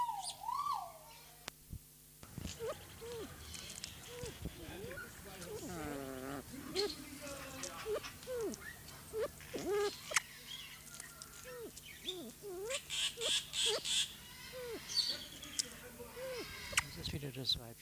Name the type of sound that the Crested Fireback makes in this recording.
song